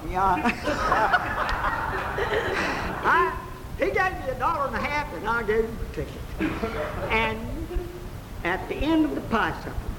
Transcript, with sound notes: I-- (laughs) I--he gave me a dollar and a half and I gave him the ticket. And at the end of the pie supper,